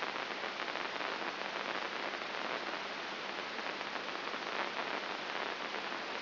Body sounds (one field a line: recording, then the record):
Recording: brain microelectrode recording played as sound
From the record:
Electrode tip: inside the subthalamic nucleus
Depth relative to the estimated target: -1 mm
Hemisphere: left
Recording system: AlphaMap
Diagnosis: Parkinson's disease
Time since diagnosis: 7 years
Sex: female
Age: 55 years